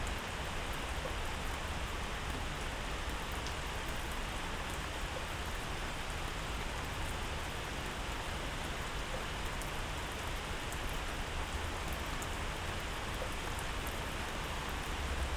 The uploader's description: A stereo recording of rain in my garden.